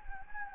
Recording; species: mosquito wingbeat signal from an infrared sensor; Anopheles gambiae